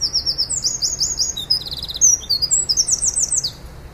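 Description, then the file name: Eurasian wren song, a rapid outpouring of high, sharp trills and twittering notes, loud and continuous for about four seconds. "Troglodytes troglodytes"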